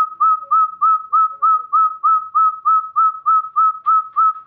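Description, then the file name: Javan hill partridge calling in a fast, steady series of short, bright whistles, roughly three each second, all at the same pitch. "suara puyuh gonggong jawa"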